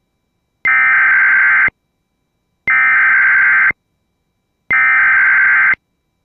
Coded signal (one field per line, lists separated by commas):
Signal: Emergency Alert System (SAME) tones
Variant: header bursts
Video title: TERROR UNLEASHED (EAS #95-100!!!!!)